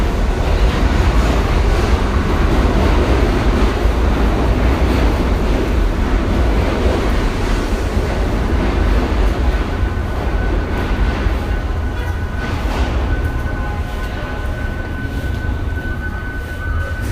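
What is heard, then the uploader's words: A loud, steady rumble fills a subway station, with a train running and dense rattling and clatter throughout. From about ten seconds on, a thin high squeal of wheels or brakes rises above the roar, and the overall level eases slightly toward the end. Times Square Subway Station.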